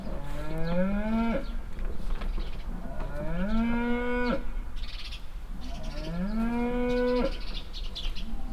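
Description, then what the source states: Cow mooing, three long rising moos about every three seconds, with faint bird chirps and a low steady rumble underneath. Farmstead beside a willow at Heiderscheid; one cow moos constantly and loudly while moving behind a bush; birds chirping nearby.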